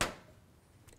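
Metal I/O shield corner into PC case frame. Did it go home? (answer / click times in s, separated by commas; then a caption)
yes / 0.0 s. A corner of a metal I/O shield is pressed into the frame of a PC case turned on its front, and it snaps sharply into place at 0.0 seconds. The click rings briefly and decays, followed by a faint tap near the end. The corner seats in the case frame.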